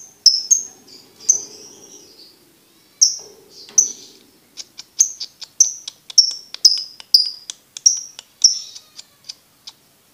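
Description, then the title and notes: Lovebird song: sharp, high, slightly falling chirps, irregular at first, then more frequent and regular in the second half. For birds to learn the ngekek song style. "MASTERAN BURUNG. Belajar Ngekek. lofbet"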